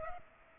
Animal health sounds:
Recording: mosquito wingbeat signal from an infrared sensor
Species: Culex pipiens

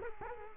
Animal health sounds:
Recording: mosquito wingbeat signal from an infrared sensor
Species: Culex quinquefasciatus

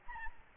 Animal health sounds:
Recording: mosquito wingbeat signal from an infrared sensor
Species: Aedes albopictus

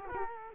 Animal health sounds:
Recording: mosquito wingbeat signal from an infrared sensor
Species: Culex quinquefasciatus

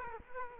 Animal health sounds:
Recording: mosquito wingbeat signal from an infrared sensor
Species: Culex quinquefasciatus

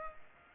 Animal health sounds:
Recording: mosquito wingbeat signal from an infrared sensor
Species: Culex pipiens

